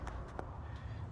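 An intake hose with a small white clip is pushed down onto its fitting on an aftermarket cold air intake on a Cadillac ATS 2.0t engine, over a low steady rumble. After a faint tap at 0.1 s, a sharp snap at 0.4 s marks the clip seating after a little pressure, confirming the hose is in.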